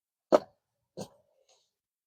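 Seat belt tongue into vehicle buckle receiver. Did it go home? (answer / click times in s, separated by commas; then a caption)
yes / 0.3 s. A vehicle lap and shoulder seat belt tongue, routed through a front-facing Nuna Exec car seat, is buckled into its receiver, and it latches with a sharp click at 0.3 s. A second, softer clack follows around 1.0 s, then a faint tick near 1.5 s, and the buckle is seated.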